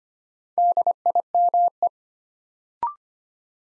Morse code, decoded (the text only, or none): DIME